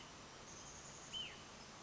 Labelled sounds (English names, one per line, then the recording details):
Hutton's Vireo
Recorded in Sonoma County, California